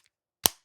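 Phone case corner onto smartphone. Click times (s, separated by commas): 0.5 s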